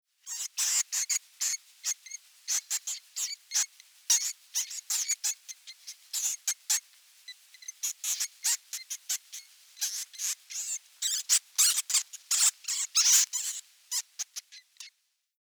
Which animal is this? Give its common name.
Tundra Vole